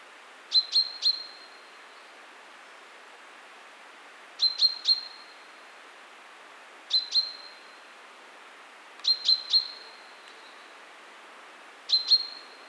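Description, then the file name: Common chaffinch calls: short, sharp high notes in quick bursts of two or three, repeated about every two to four seconds over a steady soft hiss. "Fringilla coelebs"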